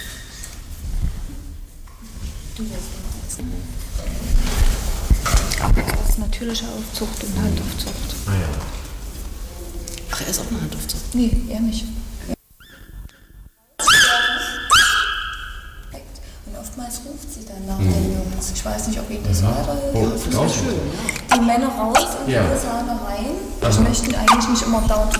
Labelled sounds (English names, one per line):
Bonobo